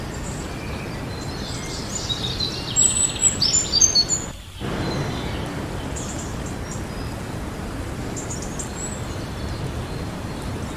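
Steady rushing water fills the whole clip, with a burst of high, quick bird chirps around three to four seconds and fainter calls later.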